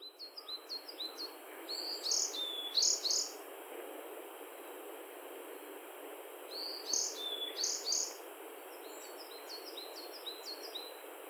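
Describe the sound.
Bird song: bursts of very high, bright chirps and trills in two main phrases a few seconds apart, with softer high notes around them, over steady hiss.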